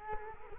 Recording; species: mosquito wingbeat signal from an infrared sensor; Culex quinquefasciatus